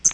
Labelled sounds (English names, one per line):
Hooded Warbler flight call